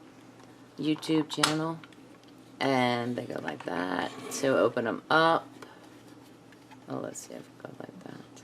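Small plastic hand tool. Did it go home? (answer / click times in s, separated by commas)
no / none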